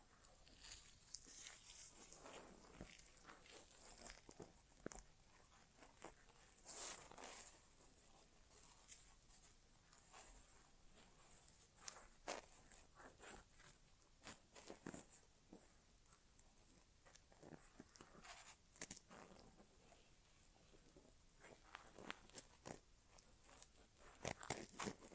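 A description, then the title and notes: An ASMR inner ear exam without talking: dense, irregular crackling and scratching clicks run throughout, with sharp bright ticks scattered every fraction of a second. Some bursts are louder and fuller, especially near 7, 19 and 25 seconds, over a faint steady hiss. ASMR Inner Ear Exam (No Talking).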